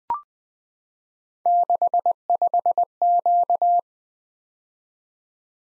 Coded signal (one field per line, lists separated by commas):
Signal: Morse code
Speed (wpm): 20 wpm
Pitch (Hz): 700 Hz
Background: none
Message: 65Q